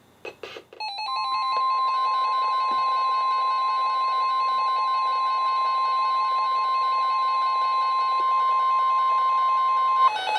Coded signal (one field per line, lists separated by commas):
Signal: Emergency Alert System (SAME) tones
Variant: 1050 Hz attention tone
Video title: EAS #697-#715: YES, BUILD A BOAT! | KHB36 & KEC83